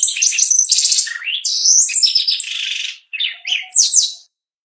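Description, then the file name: Shiny cowbird song: a rapid, bubbly run of high liquid whistles and buzzy trills, with sweeping and descending notes, ending in brief high chirps after a short pause. "canto do chupim"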